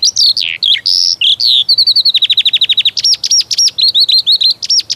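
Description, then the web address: Eurasian skylark singing a rapid, varied warble of sharp chirps and whistles, then a quick run of even, repeated notes and more bright chirps. "Przyroda Ptaki Skowronek"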